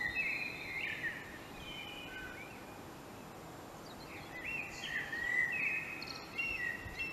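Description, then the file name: Common blackbird song: fluty warbled phrases with high chattering flourishes, two main phrases separated by a brief quiet gap. "Turdus merula"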